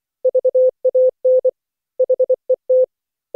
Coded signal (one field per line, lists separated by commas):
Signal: Morse code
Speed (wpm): 14 wpm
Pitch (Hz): 510 Hz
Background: none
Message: VAN HET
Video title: Daily Minutes, November 26, 2015, without the Contestia.